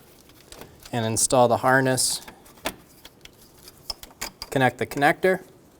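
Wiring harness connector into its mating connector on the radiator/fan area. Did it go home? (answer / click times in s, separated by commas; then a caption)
no / none. During a radiator replacement on a 2007-2011 Toyota Camry 2.4L I4, the plastic wiring harness connector near the radiator and fan area is handled and brought to its mating socket. Someone talks while short plastic taps and rattles of handling are heard. Nothing has seated or clicked yet.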